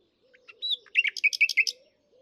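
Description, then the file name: Common nightingale song: a whistled note followed by a rapid series of repeated chirps. "Luscinia megarhynchos"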